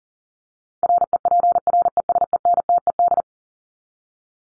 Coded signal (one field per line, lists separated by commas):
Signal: Morse code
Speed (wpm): 40 wpm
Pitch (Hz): 700 Hz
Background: none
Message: REPRESENTED